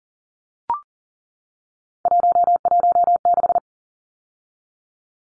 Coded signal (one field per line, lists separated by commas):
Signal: Morse code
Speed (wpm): 40 wpm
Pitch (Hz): 700 Hz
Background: none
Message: 116